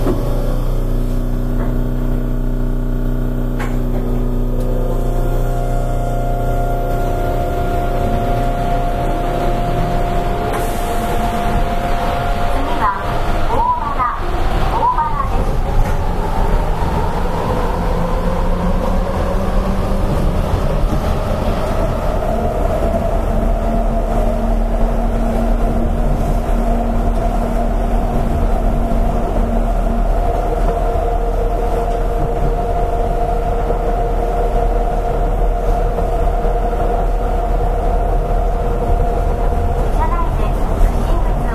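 An Astram Line 6000 train runs with a constant low rumble under layered motor whine tones. A few clicks and knocks come around 12 to 15 seconds, then the whine sweeps upward and settles into steady tones that hold to the end.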